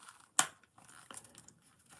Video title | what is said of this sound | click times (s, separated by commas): ROKR Scout Beetle - Full Assembly - 7 Hours | I heard a click but it pops right back up so I don't know what that's all about | 0.4 s